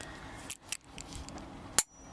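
A click-type torque wrench is pulled on a metal cylinder head bolt of a diesel engine by someone worried about breaking something. A few faint ticks and scrapes come before a sharp, loud click at 1.8 s as the wrench reaches its set torque, confirming the bolt is torqued.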